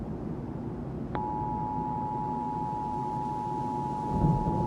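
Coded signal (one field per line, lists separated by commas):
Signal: Emergency Alert System (SAME) tones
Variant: 853 and 960 Hz attention tone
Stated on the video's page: Fictional EAS scenario, final part of a story series, not a real broadcast.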